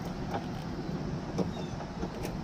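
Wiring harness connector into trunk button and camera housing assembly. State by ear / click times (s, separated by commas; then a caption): not seated / none. A plastic wiring harness connector is handled while being reconnected to the trunk button and camera housing assembly inside the trunk lid of a 2020 Kia Forte GT-Line during a trunk button assembly replacement. Low background rumble with faint soft handling rustles runs throughout, and nothing has seated or clicked yet.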